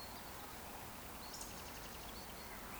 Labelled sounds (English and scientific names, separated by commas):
Eurasian Woodcock (Scolopax rusticola) whistle